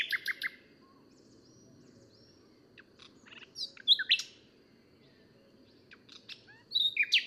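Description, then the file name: Common nightingale song in short bursts: a few sharp repeated notes, then scattered clicks and whistled notes with gaps between them, ending in another quick run of repeated notes. "Luscinia megarhynchos"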